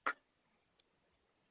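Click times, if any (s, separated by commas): 0.1 s, 0.8 s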